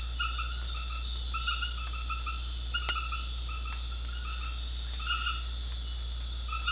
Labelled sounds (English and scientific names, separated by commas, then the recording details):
none
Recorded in secondary vegetation near Puerto Asís, Putumayo, Colombia, on 4 March 2025 at 21:30
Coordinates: 0.484, -76.319
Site G010